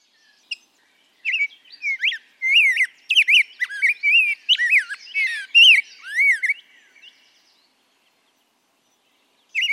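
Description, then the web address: Rose-breasted grosbeak song: a fast, rich, robin-like warble of rising and falling whistled notes lasting about six seconds, with a short note before and after. Song likened to a robin's, as if opera-trained, drunk, refined, in a hurry or unusually happy. "for the birds. Rose breasted Grosbeak"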